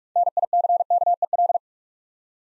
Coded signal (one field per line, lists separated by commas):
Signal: Morse code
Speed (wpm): 44 wpm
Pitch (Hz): 700 Hz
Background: none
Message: NICKEL